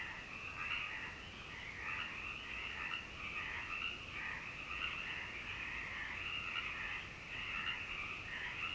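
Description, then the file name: Frog: dense chorus of many frogs, overlapping rattling croaks forming an unbroken wall of sound that swells slightly at moments. "me froggies"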